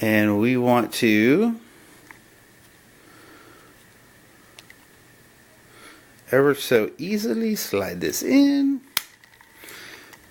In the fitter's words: kind of snaps in place kind